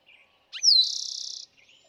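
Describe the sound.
Eastern towhee singing once: a quick introductory note, a bright falling whistle and a long, even, rattling trill, with faint chips before and after.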